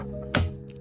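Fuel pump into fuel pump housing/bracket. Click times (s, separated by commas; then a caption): 0.4 s. A fuel pump module on an E60 BMW 5 Series is slid into its housing in the tank assembly and pushed until it clicks. A sharp, broadband click sounds at 0.4 s over a low steady hum, and a much fainter tick follows at 0.7 s. The pump is confirmed seated in place.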